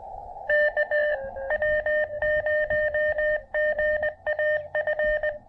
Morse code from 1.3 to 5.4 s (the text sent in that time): W0GAF